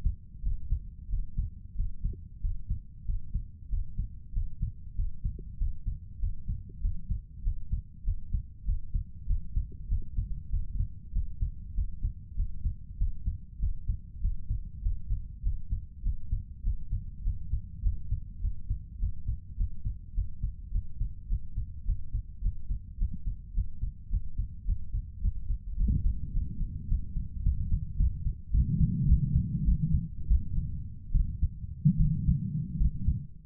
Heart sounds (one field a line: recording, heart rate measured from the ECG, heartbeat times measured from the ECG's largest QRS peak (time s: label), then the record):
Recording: heart sounds by stethoscope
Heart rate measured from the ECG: 98 bpm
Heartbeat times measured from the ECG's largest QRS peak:
0.41 s: heartbeat
1.07 s: heartbeat
1.74 s: heartbeat
2.39 s: heartbeat
3.04 s: heartbeat
3.68 s: heartbeat
4.31 s: heartbeat
4.94 s: heartbeat
5.56 s: heartbeat
6.18 s: heartbeat
6.79 s: heartbeat
7.41 s: heartbeat
8.02 s: heartbeat
8.63 s: heartbeat
9.25 s: heartbeat
9.86 s: heartbeat
10.48 s: heartbeat
11.11 s: heartbeat
11.73 s: heartbeat
12.34 s: heartbeat
12.96 s: heartbeat
13.58 s: heartbeat
14.19 s: heartbeat
14.80 s: heartbeat
15.41 s: heartbeat
16.01 s: heartbeat
16.61 s: heartbeat
17.22 s: heartbeat
17.81 s: heartbeat
18.39 s: heartbeat
18.97 s: heartbeat
19.55 s: heartbeat
20.12 s: heartbeat
20.70 s: heartbeat
21.26 s: heartbeat
21.83 s: heartbeat
22.40 s: heartbeat
22.96 s: heartbeat
23.52 s: heartbeat
24.08 s: heartbeat
24.64 s: heartbeat
25.19 s: heartbeat
25.75 s: heartbeat
26.31 s: heartbeat
26.86 s: heartbeat
27.41 s: heartbeat
27.96 s: heartbeat
28.50 s: heartbeat
29.05 s: heartbeat
29.63 s: heartbeat
30.27 s: heartbeat
31.11 s: heartbeat
31.96 s: heartbeat
32.76 s: heartbeat
From the record:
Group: healthy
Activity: Valsalva maneuver 0-27 s, rest 27-33 s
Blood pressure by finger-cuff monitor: 120/82 mmHg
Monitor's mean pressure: 93 mmHg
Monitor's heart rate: 98 bpm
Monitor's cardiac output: 6.9 L/min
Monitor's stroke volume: 69 mL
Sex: female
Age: 32 years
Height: 172 cm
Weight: 71.7 kg